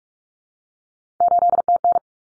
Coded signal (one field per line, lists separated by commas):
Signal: Morse code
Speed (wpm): 44 wpm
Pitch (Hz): 700 Hz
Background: none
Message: 8TN